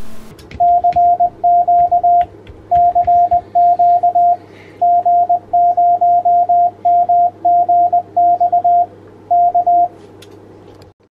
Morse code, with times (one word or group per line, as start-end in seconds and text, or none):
0.6-2.2 CQ
2.7-4.3 CQ
4.8-8.8 G0MGX
9.3-9.9 K